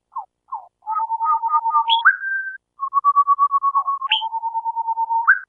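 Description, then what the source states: Rufous-and-white wren duet in low whistles, with quick repeated notes, upward-swooping notes and a sustained tone as two birds alternate phrases seamlessly. Played duet between a male and a female; males' parts fluty, low-pitched and melodic, females' higher; male starts, female continues, male concludes, recombined into the full duet.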